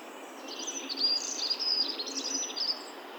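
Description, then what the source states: Birds twittering, overlapping bright chirps and quick high trills throughout, with a low background hiss. Rural setting.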